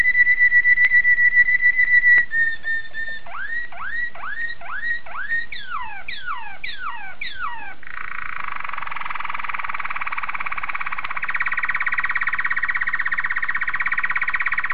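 Canary holding a steady whistle, then a rapid series of downward-sliding whistled notes, followed by a long buzzy rolling trill.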